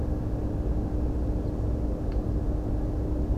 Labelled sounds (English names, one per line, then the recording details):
Ortolan Bunting
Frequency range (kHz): Ortolan Bunting 3.9-5.0 kHz
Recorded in France